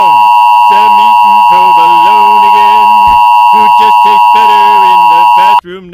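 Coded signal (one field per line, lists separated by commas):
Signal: Emergency Alert System (SAME) tones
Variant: 853 and 960 Hz attention tone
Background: speech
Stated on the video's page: Simulated EAS scenario about a nuclear power plant incident.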